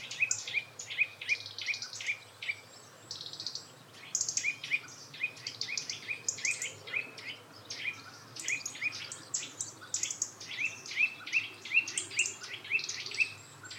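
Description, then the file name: Eurasian nuthatch calls: short, clear notes repeated in quick runs of several, with pauses between runs, over a busy backdrop of higher chirping birds. "Sitta europaea"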